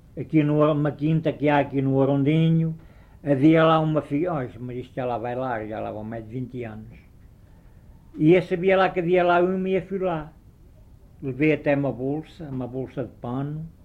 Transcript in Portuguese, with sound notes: Aqui não há Uma quinta que há aqui no Ourondinho, havia lá uma fig-… Ai,mas isto já lá vai lá, já lá vão mais de vinte anos. [pausa] E eu sabia lá que havia lá uma e eu fui lá. Levei até uma bolsa, uma bolsa de pano,